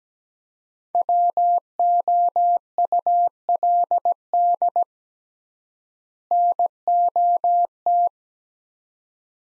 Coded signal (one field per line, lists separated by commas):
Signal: Morse code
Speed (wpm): 17 wpm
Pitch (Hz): 700 Hz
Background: none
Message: WOULD NOT